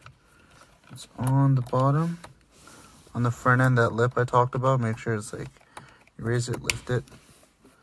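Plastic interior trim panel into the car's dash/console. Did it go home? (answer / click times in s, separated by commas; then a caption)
no / none. Someone talks while the front lip of a plastic interior trim panel on an R35 GTR (2009–2016) is raised and lifted to fit it back into the car's dash/console. Faint handling ticks are heard, but the clip ends before the panel goes home, and nothing has seated or clicked yet.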